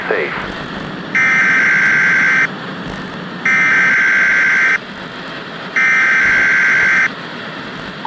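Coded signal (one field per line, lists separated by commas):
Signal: Emergency Alert System (SAME) tones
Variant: header bursts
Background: speech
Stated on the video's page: Fictional analog-horror found-footage emergency alert, with added glitch sound effects.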